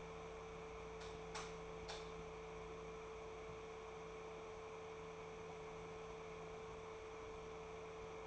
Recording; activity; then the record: daily activity, microphone in the room; light off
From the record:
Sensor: 1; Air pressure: 1014.8 hPa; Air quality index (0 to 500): 186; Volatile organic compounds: 18 ppm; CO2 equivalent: 2639 ppm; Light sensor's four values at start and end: 38/102/42/50 and 35/87/37/44